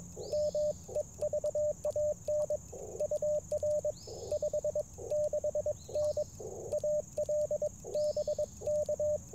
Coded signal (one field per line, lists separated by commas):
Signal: Morse code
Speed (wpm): 22 wpm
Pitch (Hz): 590 Hz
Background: radio noise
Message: M EVAN UR 56N AL BK